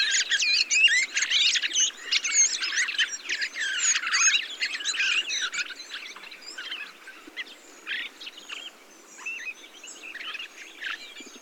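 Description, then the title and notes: Thrushes chattering and twittering in a thick chorus for the first half, then fading to sparser squeaky calls. Large mixed flock of mistle thrushes, song thrushes, redwings, fieldfares and some blackbirds feeding on abundant berries, keeping communal watch for hawks; Montagne du Puy, Drôme, 22 November 2020, blue sky, parabolic microphone. "POT-POURRI DE GRIVES. 22 novembre 2020-Montagne du Puy - Drôme. Grives draine, musicienne, mauvis et litorne plus quelques merles"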